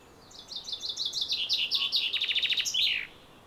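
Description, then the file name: Common chaffinch song: a fast series of bright, descending notes, speeding into a rattling trill and ending in a sharp flourish, lasting about two and a half seconds. "Fringilla coelebs"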